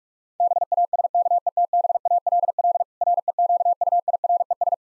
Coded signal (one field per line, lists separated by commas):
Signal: Morse code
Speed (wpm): 41 wpm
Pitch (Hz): 700 Hz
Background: none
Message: BASKETBALL REQUIRES